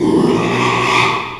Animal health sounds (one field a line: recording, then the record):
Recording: squeal of a Yucatan mini pig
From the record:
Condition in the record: after surgery on the right vocal fold (resection and tissue-engineered implant)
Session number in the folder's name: 1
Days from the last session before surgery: 6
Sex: male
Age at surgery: 12 weeks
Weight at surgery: 13 kg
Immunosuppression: cyclosporine, prednisolone